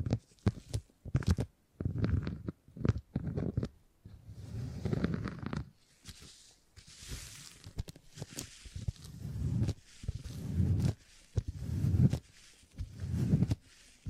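Beeswax being worked in bursts of soft squishing and sticky crackling, low and dense, with brief crisp clicks and pauses throughout.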